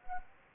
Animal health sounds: mosquito wingbeat signal from an infrared sensor; Anopheles gambiae

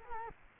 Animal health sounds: mosquito wingbeat signal from an infrared sensor; Culex quinquefasciatus

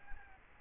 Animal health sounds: mosquito wingbeat signal from an infrared sensor; Aedes albopictus

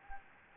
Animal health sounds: mosquito wingbeat signal from an infrared sensor; Anopheles gambiae

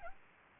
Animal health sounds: mosquito wingbeat signal from an infrared sensor; Aedes albopictus

